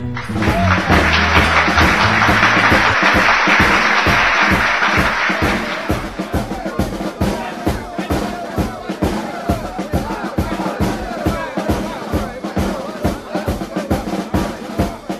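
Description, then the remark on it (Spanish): A crowd in a plaza in 1923, gathered to learn who will be elected queen of poetry, breaks into loud, dense applause that fades after several seconds into steady rhythmic clapping in unison, beating on at a brisk, even pace. “Aquella tarde de 1923, un gran tumulto rodea la plaza para conocer la que será elegida como la reina de la poesía.”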